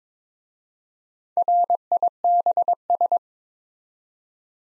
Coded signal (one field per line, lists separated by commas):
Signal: Morse code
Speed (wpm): 21 wpm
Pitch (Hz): 700 Hz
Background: none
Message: RIBS